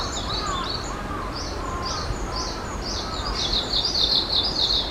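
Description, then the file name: Japanese leaf warbler song: high, quick phrases of short repeated notes given in a steady rhythm, with fainter lower notes in the background. Recorded on 2022-05-11. "20220511 メボソムシクイ"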